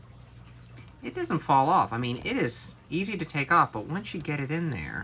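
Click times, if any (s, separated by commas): none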